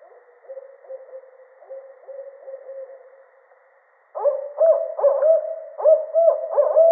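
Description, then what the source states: Barred owl calling, quiet steady low hoots first, then after a brief pause a loud, rhythmic series of slurred hoots. Recorded 13 October 2010.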